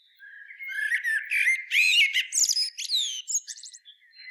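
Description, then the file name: Common blackbird pouring out a dense, excited sequence of squeaky slurs and high twittering notes without a break. "Turdus merula"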